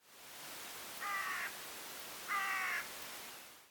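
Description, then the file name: Carrion crow giving two harsh, hoarse caws about 1.3 seconds apart, each lasting about half a second, over a steady hiss of background noise. "Corvus corone"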